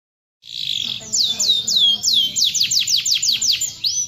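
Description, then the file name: Atlantic canary song: a rapid series of bright, downward-sweeping whistled notes, repeated about three times a second after a short buzzy opening trill, with a faint low hum beneath. With 30-second pauses. "audio kenari original jeda 30 detik"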